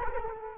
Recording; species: mosquito wingbeat signal from an infrared sensor; Culex quinquefasciatus